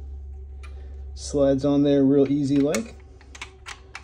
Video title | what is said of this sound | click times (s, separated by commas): How to Strap Lock | don't even have to lift anything slide and it'll click in place | 4.0 s